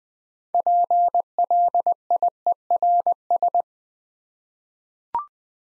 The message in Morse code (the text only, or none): PLIERS